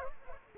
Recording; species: mosquito wingbeat signal from an infrared sensor; Culex quinquefasciatus